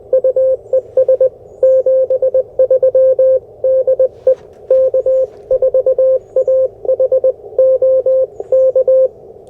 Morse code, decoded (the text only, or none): UES 73 DE K4AHO K